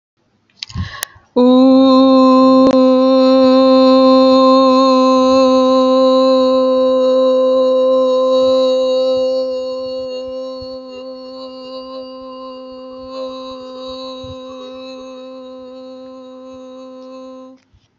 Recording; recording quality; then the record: sustained vowel as in boot; excellent, no background noise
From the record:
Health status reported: healthy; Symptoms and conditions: none ticked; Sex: female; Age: 23 years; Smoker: not ticked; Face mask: not worn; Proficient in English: yes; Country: India